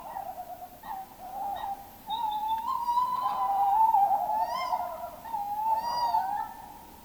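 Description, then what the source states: Tawny Owl gives a long, wavering, quavering hoot sustained for several seconds, with faint higher call fragments laid over it. Field recording from Finland, released 1987 on cassette.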